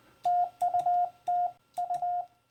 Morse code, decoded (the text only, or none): TU TU